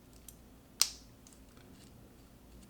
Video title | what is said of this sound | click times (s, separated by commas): Adjustable Camera Bracket for 1 inch PVC Camera Frame | probably heard that click and that's when the nut passes the little tab that's | 0.8 s